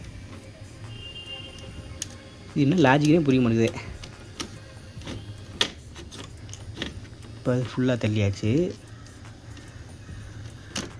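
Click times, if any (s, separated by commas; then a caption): 10.8 s. Someone talks while the plastic disc tray or loader mechanism of a Philips DVD player under repair, in a restoration that failed, is pushed fully in and the motor drives it, with scattered small mechanical ticks along the way. A single sharp click sounds at 10.8 s as the loader mechanism locks in and the motor stops.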